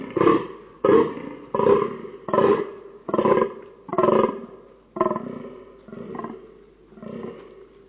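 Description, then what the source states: Fallow deer groaning, nine deep rasping grunts roughly every three quarters of a second, fading slightly toward the end. Recorded during the rut.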